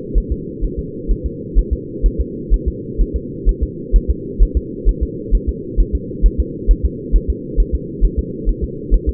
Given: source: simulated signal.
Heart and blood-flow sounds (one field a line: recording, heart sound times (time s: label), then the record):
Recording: fetal heart sounds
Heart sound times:
0.18 s: S1
0.32 s: S2
0.64 s: S1
0.79 s: S2
1.11 s: S1
1.26 s: S2
1.58 s: S1
1.73 s: S2
2.06 s: S1
2.20 s: S2
2.54 s: S1
2.68 s: S2
3.01 s: S1
3.16 s: S2
3.49 s: S1
3.63 s: S2
3.96 s: S1
4.10 s: S2
4.42 s: S1
4.57 s: S2
4.89 s: S1
5.03 s: S2
5.35 s: S1
5.49 s: S2
5.80 s: S1
5.95 s: S2
6.26 s: S1
6.40 s: S2
6.71 s: S1
6.85 s: S2
7.16 s: S1
7.30 s: S2
7.60 s: S1
7.75 s: S2
8.05 s: S1
8.19 s: S2
8.49 s: S1
8.64 s: S2
8.94 s: S1
9.09 s: S2
From the record:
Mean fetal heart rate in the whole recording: 130 bpm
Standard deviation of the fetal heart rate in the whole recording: 2 bpm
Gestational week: 36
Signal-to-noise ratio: -4.1 dB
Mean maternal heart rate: no maternal heart sound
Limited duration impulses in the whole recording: absent